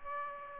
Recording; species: mosquito wingbeat signal from an infrared sensor; Aedes aegypti